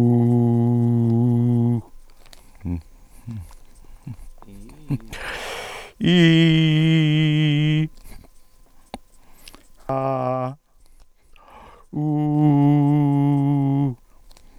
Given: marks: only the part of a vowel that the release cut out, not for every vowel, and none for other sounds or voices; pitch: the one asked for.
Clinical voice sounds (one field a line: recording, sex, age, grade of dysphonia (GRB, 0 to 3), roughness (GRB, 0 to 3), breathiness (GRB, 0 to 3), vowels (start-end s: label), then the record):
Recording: sustained vowels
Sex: male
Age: 60 to 69 years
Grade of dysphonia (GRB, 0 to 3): 2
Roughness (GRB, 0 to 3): 2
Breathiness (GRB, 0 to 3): 0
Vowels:
0.40-1.73 s: vowel /u/, low pitch
6.14-7.75 s: vowel /i/, low-high-low pitch
9.90-10.45 s: vowel /a/, low-high-low pitch
12.41-13.81 s: vowel /u/, low-high-low pitch
From the record:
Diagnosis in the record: dysphonia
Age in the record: 69 years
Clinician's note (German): Vokalische Dysfunktion mit Seufzer; spasmodische Komponente?